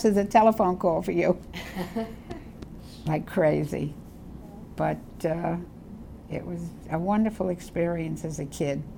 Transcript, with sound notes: There's a telephone call for you." [chuckles] Like crazy. But it was a wonderful experience as a kid.